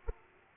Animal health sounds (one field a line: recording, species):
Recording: mosquito wingbeat signal from an infrared sensor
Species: Aedes aegypti